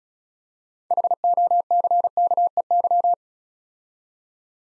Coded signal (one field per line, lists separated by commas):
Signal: Morse code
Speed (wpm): 35 wpm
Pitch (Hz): 700 Hz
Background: none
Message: HOCKEY